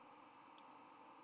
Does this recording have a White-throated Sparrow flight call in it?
no